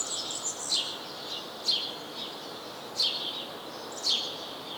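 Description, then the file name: House sparrow chirping, four bright falling notes at uneven intervals with softer twitters between, steady hiss behind. "Passer domesticus"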